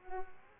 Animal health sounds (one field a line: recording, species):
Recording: mosquito wingbeat signal from an infrared sensor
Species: Culex pipiens